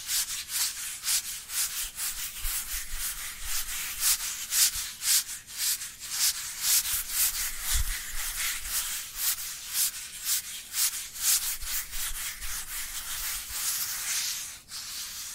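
Dry hands rub together in quick, repeated strokes, each pass a bright, papery swish. The rubbing runs steadily for the full fifteen seconds at a brisk, fairly even pace, with a low bump near eight seconds and a brief pause just before the end.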